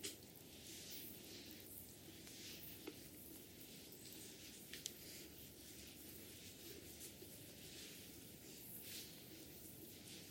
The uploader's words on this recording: ASMR Relaxing head massage with hair washing.